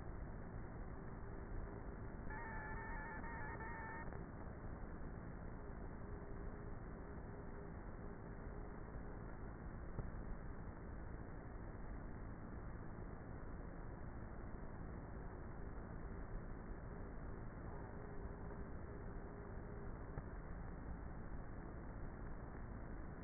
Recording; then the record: honeybee colony, microphone inside the hive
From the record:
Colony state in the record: queenless with a low population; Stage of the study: before two queens were removed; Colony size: about 30,000 bees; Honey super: no